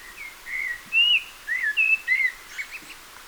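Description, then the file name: Common blackbird with a series of rich whistled notes, some sliding up and down, fading into soft high twitters at the end. "Turdus merula"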